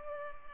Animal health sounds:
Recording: mosquito wingbeat signal from an infrared sensor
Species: Culex pipiens

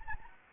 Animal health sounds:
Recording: mosquito wingbeat signal from an infrared sensor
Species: Anopheles gambiae

